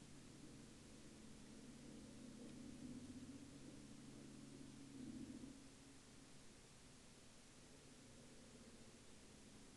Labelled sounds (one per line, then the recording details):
truck
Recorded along the Dempster Highway, Canada, on 11 April 2020 at 09:32
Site 14